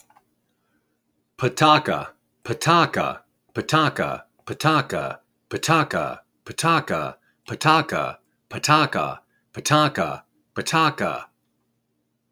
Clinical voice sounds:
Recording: repeated syllables /pa ta ka/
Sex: male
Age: 50 to 59 years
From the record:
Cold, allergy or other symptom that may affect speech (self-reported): no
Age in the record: 58 years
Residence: Wisconsin, United States

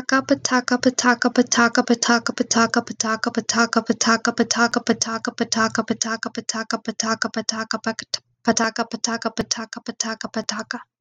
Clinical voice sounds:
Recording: repeated syllables /pa ta ka/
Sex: female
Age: 20 to 29 years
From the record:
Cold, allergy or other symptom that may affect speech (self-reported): no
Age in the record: 20 years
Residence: Texas, United States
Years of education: 14

